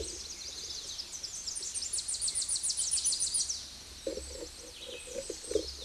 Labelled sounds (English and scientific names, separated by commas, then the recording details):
Tennessee Warbler (Leiothlypis peregrina) song
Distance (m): 30 m
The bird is about 25 m above the microphone
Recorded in a Pennsylvania forest on 16 May 2024 at 09:58
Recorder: AudioMoth, point MSD-1401
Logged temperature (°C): 16.4 °C
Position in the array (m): 64 m, 171 m